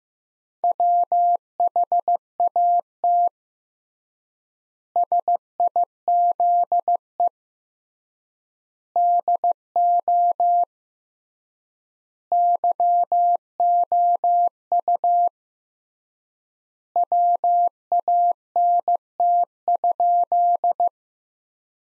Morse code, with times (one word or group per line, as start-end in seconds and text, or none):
0.6-3.3 WHAT
5.0-7.3 SIZE
9.0-10.6 DO
12.3-15.3 YOU
17.0-20.9 WANT?